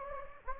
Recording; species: mosquito wingbeat signal from an infrared sensor; Anopheles gambiae